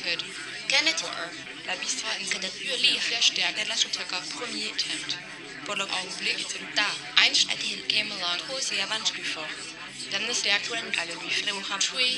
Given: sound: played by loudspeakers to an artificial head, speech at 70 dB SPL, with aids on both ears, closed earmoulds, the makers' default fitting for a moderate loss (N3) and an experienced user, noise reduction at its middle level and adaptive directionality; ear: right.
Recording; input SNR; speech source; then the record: speech test signal (ISTS) in cocktail-party noise; -3 dB; in front (0 degrees)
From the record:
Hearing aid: class 1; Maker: B